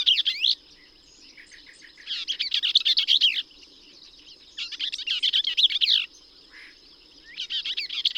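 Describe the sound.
Bell's vireo singing rapid scratchy phrases with pauses between, against a constant high hum.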